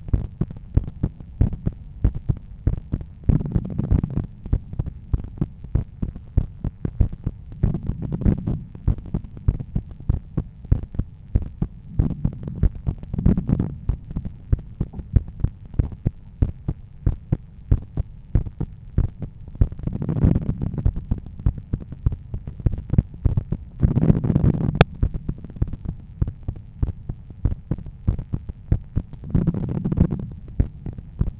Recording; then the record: heart sounds by stethoscope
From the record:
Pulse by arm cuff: 94 bpm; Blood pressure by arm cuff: 122/78 mmHg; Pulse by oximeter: 96 bpm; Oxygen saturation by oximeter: 94%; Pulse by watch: 86 bpm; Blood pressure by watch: 126/80 mmHg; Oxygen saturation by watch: 97%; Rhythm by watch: sinus rhythm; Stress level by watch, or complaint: medium stress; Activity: after lunch and office activities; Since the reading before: plus 5000 steps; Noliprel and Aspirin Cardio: after pills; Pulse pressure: 44 mmHg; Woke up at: 7:30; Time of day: 17:22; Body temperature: 36 C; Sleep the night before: 8 h 32 min, score 78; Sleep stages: REM 32%, light 50%, deep 12%, awake 6%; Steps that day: 9500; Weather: sunny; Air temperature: 26.4 C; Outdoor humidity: 49%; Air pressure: 1014 hPa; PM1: 8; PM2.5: 12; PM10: 14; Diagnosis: hypertension, treated with Noliprel and Aspirin Cardio 100 mg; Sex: male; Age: 53 years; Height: 174 cm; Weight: 81 kg